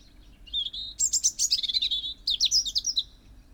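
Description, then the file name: European robin giving a bright, high warble: a thin opening note, then a fast jumble of trills and slides in two bursts. "Erithacus rubecula"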